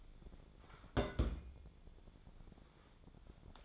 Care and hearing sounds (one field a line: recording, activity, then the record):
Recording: daily activity, microphone in the room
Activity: place on stove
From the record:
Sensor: 5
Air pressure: 1000.1 hPa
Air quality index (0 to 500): 99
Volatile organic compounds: 1 ppm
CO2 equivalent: 803 ppm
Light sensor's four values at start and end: 396/937/406/460 and 392/929/403/455